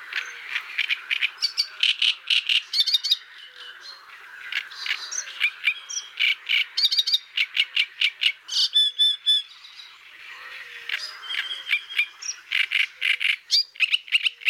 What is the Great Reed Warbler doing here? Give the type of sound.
song